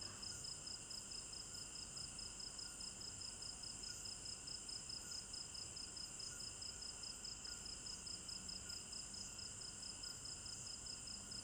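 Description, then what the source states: Cricket chorus with rapid regular high-pitched pulses layered over a constant shrill insect hum, steady throughout. Recorded at night in a village garden in Africa; binaural stereo recording.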